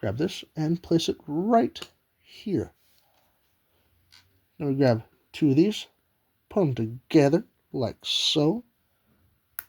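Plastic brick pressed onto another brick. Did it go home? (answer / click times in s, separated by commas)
yes / 9.6 s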